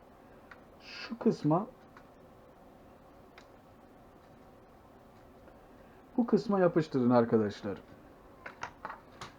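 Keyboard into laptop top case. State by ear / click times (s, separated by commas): seated / 8.5 s, 8.6 s, 8.9 s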